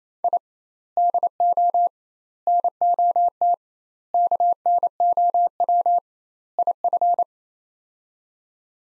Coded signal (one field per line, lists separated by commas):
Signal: Morse code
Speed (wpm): 28 wpm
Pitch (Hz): 700 Hz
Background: none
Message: I DO NOT KNOW IF